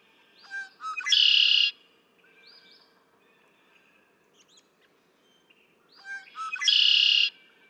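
Red-winged blackbird song given twice: clipped gurgling lead-in notes followed by a loud buzzy trill, with soft high notes in the gap between.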